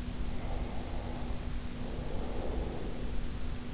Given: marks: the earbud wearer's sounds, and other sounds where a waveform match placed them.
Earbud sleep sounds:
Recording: sounds in sleep by an in-ear microphone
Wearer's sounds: snoring breath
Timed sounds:
0.17-3.26 s: snoring breath

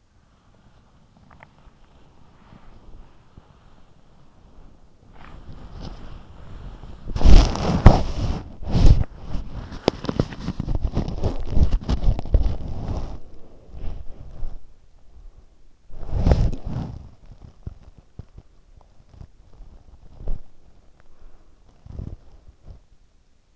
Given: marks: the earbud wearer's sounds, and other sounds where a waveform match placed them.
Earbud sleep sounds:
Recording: sounds in sleep by an in-ear microphone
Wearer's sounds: body movement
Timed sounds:
0.00-23.55 s: body movement
0.27-1.69 s: sound from someone else or the room

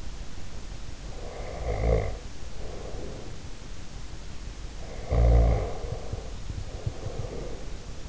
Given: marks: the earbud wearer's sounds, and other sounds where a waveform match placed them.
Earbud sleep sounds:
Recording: sounds in sleep by an in-ear microphone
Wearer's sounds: snoring breath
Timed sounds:
1.07-3.54 s: snoring breath
4.91-8.09 s: snoring breath

